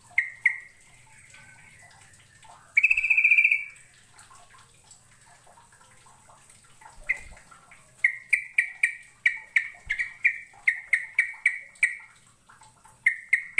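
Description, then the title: Bird song: a few chirps and a buzzy trill, then a long fast series of bright chirps repeated several times a second. "Kicau Burung"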